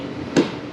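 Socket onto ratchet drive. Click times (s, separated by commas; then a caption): 0.4 s. A socket is pushed onto the square drive of a ratchet until its retaining lock gives a short, crisp click at 0.4 s over a quiet background. The socket seats firmly and is held on the drive, a satisfying click.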